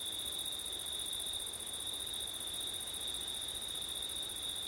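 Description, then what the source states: Cricket chorus: constant high-pitched trilling that never pauses, layered with a fainter, even higher shimmer, over quiet background hiss. Crickets singing on a September night, with wind.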